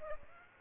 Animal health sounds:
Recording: mosquito wingbeat signal from an infrared sensor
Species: Aedes aegypti

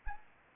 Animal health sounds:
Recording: mosquito wingbeat signal from an infrared sensor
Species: Anopheles arabiensis

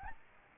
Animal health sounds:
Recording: mosquito wingbeat signal from an infrared sensor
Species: Aedes albopictus

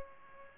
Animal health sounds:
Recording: mosquito wingbeat signal from an infrared sensor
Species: Aedes aegypti

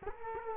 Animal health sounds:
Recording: mosquito wingbeat signal from an infrared sensor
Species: Culex quinquefasciatus

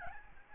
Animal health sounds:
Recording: mosquito wingbeat signal from an infrared sensor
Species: Aedes albopictus

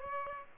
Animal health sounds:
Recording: mosquito wingbeat signal from an infrared sensor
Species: Aedes aegypti

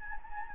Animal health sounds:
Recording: mosquito wingbeat signal from an infrared sensor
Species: Anopheles gambiae

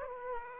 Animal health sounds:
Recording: mosquito wingbeat signal from an infrared sensor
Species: Aedes aegypti

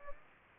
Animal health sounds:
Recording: mosquito wingbeat signal from an infrared sensor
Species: Aedes aegypti

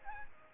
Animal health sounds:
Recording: mosquito wingbeat signal from an infrared sensor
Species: Aedes aegypti

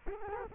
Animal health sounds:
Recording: mosquito wingbeat signal from an infrared sensor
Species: Culex quinquefasciatus

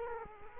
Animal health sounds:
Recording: mosquito wingbeat signal from an infrared sensor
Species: Culex quinquefasciatus

